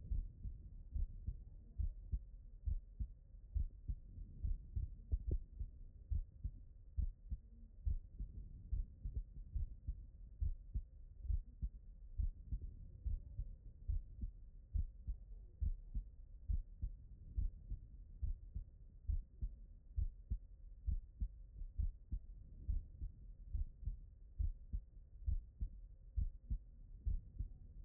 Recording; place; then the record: heart sounds by stethoscope; pulmonary valve (PV)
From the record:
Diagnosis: non-HFrEF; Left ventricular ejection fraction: 56%